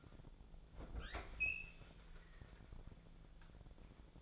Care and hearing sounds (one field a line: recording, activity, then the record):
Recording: daily activity, microphone in the room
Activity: open fridge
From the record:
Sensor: 5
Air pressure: 1000.2 hPa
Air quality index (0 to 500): 103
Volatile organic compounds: 1 ppm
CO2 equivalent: 833 ppm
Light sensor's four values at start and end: 237/563/240/263 and 242/575/245/269